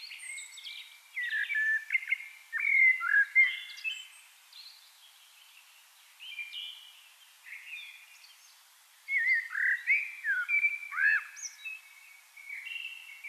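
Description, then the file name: Eurasian blackbird singing several fluty, warbling phrases with pauses between them, each trailing into scratchy higher twitters. "Turdus merula"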